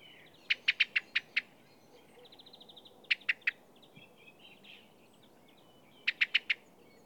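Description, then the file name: Common blackbird chinking in three bursts of about six, three and four notes, with a faint buzzy trill and twittering in between. "Turdus merula"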